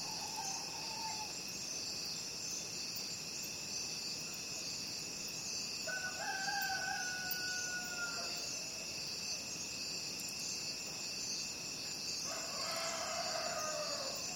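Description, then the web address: Crickets sustain a constant high trill as another animal gives long, wavering cries three times, at the start, middle and end. Crickets calling at night. "the sound pack tree. night crickets"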